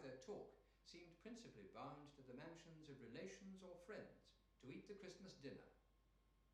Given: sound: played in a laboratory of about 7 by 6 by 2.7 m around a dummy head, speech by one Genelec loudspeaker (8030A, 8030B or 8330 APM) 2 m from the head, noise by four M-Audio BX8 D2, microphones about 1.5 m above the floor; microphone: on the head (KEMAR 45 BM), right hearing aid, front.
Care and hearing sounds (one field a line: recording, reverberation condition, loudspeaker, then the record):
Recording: male speech in English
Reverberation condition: medium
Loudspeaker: in front (0 degrees)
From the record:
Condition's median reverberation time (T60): about 510 ms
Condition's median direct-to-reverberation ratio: about -0.5 dB